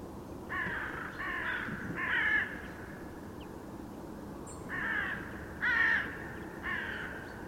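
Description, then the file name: Carrion crow calling in two bursts of three raspy caws each, a pause of a couple of seconds between the sets, over a low rumbling background. "Corvus corone"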